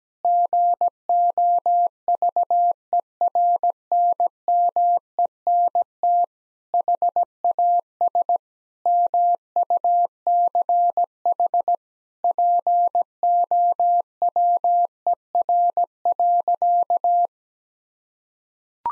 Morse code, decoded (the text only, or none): GOVERNMENT HAS MUCH POWER.